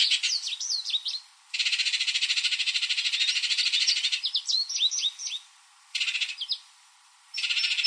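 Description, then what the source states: Bird calls mixing quick high chirps with long, even buzzy rattles, three rattles alternating with bursts of chirping. Arizona.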